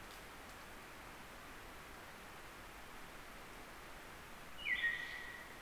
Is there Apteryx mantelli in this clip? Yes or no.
no